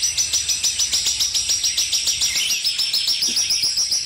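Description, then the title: Streaked spiderhunter singing rapid, evenly paced high chip notes in a continuous chattering series. Indonesian bird-keepers' tutor (masteran) recording; song described as lively, clear and long. "Pijantung Gunung Gacor Jernih Panjang"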